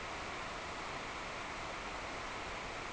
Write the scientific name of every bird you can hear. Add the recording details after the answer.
none. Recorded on Arctic tundra, site NAIT-1, on 26 June 2018. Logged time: 09:00